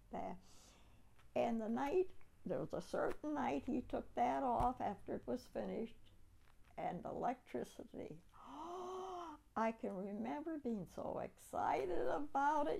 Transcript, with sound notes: That's -- and the night, there was a certain night he took that off after it was finished. And the electricity, [Deep sigh] I can remember being so excited about it.